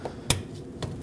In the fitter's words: There we go. That locks in.